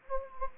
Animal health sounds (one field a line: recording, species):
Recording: mosquito wingbeat signal from an infrared sensor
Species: Anopheles gambiae